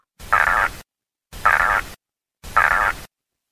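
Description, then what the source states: Arctic char calls: three harsh, buzzy bursts, each about half a second long, evenly spaced roughly once a second. Played example from an online fish sound database; such sounds can be used for passive acoustic monitoring of populations.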